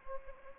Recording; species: mosquito wingbeat signal from an infrared sensor; Anopheles gambiae